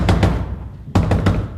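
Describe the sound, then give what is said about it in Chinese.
Heavy knocking on a door: two loud, thudding raps, a brief pause, then three more in quick succession, with no voices; someone knocking to get the door opened. “你倒是开门呀，开门呀你。 别吵了，你会把全城都吵醒的。”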